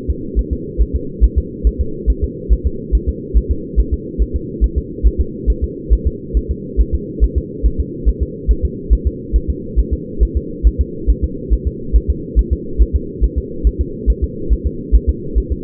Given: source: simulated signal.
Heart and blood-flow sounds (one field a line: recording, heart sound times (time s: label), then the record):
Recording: fetal heart sounds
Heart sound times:
0.10 s: S2
0.39 s: S1
0.53 s: S2
0.81 s: S1
0.95 s: S2
1.24 s: S1
1.38 s: S2
1.67 s: S1
1.81 s: S2
2.10 s: S1
2.24 s: S2
2.53 s: S1
2.66 s: S2
2.95 s: S1
3.09 s: S2
3.37 s: S1
3.51 s: S2
3.79 s: S1
3.94 s: S2
4.22 s: S1
4.36 s: S2
4.64 s: S1
4.78 s: S2
5.07 s: S1
5.21 s: S2
5.50 s: S1
5.64 s: S2
5.93 s: S1
6.07 s: S2
6.37 s: S1
6.51 s: S2
6.81 s: S1
6.94 s: S2
7.24 s: S1
7.38 s: S2
7.66 s: S1
7.80 s: S2
8.09 s: S1
8.23 s: S2
8.51 s: S1
8.65 s: S2
8.93 s: S1
9.07 s: S2
9.36 s: S1
9.50 s: S2
9.79 s: S1
9.93 s: S2
10.23 s: S1
10.37 s: S2
10.67 s: S1
10.81 s: S2
11.10 s: S1
11.24 s: S2
11.53 s: S1
11.67 s: S2
11.96 s: S1
12.10 s: S2
12.39 s: S1
12.53 s: S2
12.81 s: S1
12.95 s: S2
13.24 s: S1
13.38 s: S2
13.67 s: S1
13.81 s: S2
14.10 s: S1
14.24 s: S2
14.53 s: S1
14.67 s: S2
14.95 s: S1
15.09 s: S2
15.38 s: S1
15.52 s: S2
From the record:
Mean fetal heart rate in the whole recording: 140 bpm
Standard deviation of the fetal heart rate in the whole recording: 2 bpm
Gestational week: 34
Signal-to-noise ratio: -4.3 dB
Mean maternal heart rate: 72 bpm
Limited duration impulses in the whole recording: present